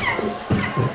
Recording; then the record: coughing mixed with background sound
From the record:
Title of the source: Mid-morning Winter Coughing Fit